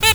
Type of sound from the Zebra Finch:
stack call